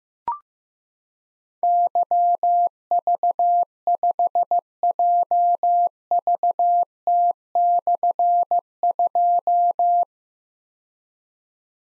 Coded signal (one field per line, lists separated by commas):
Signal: Morse code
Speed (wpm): 15 wpm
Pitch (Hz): 700 Hz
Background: none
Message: YV5JVT/2